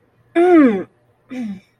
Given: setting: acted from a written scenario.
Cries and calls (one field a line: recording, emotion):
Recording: vocal sound without words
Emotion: pain